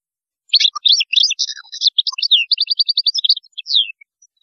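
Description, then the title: European goldfinch song, a lively rush of liquid twitters and buzzy notes, with a few lower chirps mixed in. "Chant Chardonneret"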